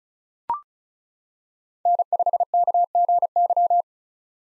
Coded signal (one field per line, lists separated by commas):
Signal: Morse code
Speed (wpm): 36 wpm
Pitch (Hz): 700 Hz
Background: none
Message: N5KGY